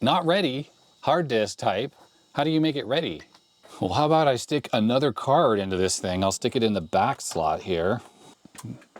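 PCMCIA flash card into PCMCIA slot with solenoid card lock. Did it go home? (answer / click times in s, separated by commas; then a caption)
no / none. Someone talks while a PCMCIA flash card is handled at the back slot of the PCMCIA adapter on a small IBM PS/2 E desktop, a slot with a solenoid card lock. Nothing has seated or clicked yet; the clip ends just before the card goes home.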